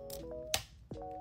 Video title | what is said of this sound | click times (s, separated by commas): #Engineering101 Lecture 8-4 #HillmanTok #Engineering #EngineeringProfessor #NoireSTEMinist #STEM | Hopefully you heard that click. | 0.5 s